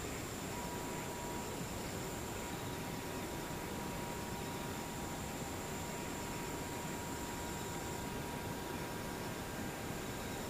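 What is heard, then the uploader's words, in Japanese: Near-silent stillness with a soft, steady hiss, a faint continuous high insect drone far off, and a thin unchanging whine underneath. 無音遠くにムシ。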